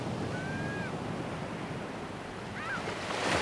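Steady ocean surf rushes and rolls, a broad continuous wash that swells louder near the end, with a couple of faint high bird-like chirps over the roar.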